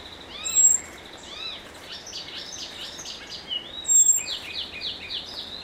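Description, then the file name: Common blackbird high thin whistles heard twice, each short and level, among busy chirping and warbled notes. "Turdus merula"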